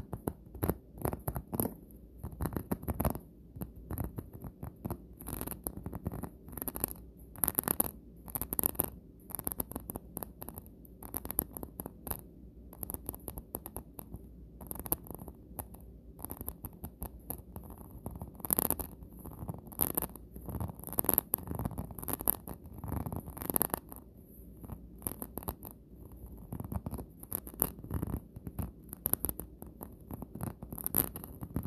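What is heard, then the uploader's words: Fingernails tap and scratch on surfaces in a dense stream of small clicks and rasps that runs for the whole half minute. The taps come quickly and irregularly, with crisp bright edges over a soft low rustle, and brief louder scrapes recur throughout. Nails Tapping & Scratching on Things.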